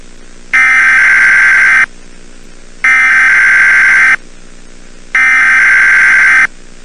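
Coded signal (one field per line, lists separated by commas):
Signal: Emergency Alert System (SAME) tones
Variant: header bursts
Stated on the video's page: Fictional EAS scenario for entertainment.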